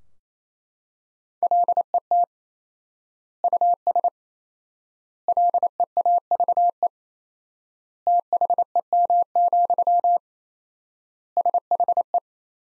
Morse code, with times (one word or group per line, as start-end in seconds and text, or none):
1.4-2.2 LET
3.4-4.1 US
5.3-6.9 LEAVE
8.1-10.2 THEM,
11.4-12.2 SHE